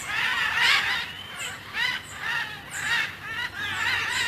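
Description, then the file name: Military macaw calling in a series of rough, raucous squawks. "canto del guacamayo militar"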